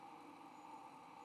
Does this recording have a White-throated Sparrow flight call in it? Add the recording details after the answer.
no. No flight call is heard. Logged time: 22:32 on 15 November 2014